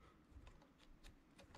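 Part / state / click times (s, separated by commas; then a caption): crimped metal contact pin into connector housing / not seated / none. A crimped metal contact pin is handled at a plastic connector housing, and a few faint, brief ticks come through at low level. A sharper, louder transient lands right at the end of the clip. The pin has not yet clicked or seated in the housing.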